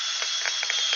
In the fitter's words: Yeah. It's stripped out.